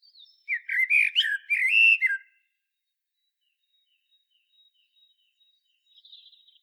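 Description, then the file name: Common blackbird song: one fluted warbling phrase with thin high twittering, lasting under two seconds, followed by near silence with faint high notes. "Turdus merula"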